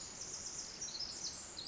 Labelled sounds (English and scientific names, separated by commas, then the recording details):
Pacific Wren (Troglodytes pacificus)
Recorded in Sonoma County, California